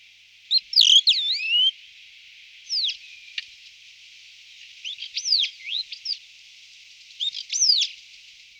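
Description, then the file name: Wallcreeper giving thin high whistled and swooping notes in short bursts, rising and falling slides, repeated several times with brief pauses. "Picchio muraiolo"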